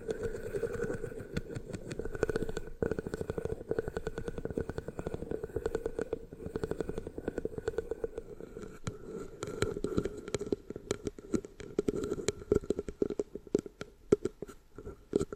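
Scratching and tapping sounds run through the whole stretch, a dense, busy texture of quick, uneven clicks and scrapes. Sharper taps stand out above it now and then, growing more frequent and pronounced after about twelve seconds. A steady, low-mid hum sits underneath throughout.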